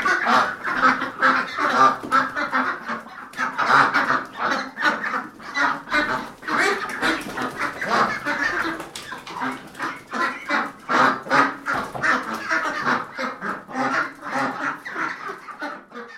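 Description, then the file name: Ducks quacking in a dense, overlapping flock chorus, harsh nasal calls tumbling over one another without pause. "kaczka"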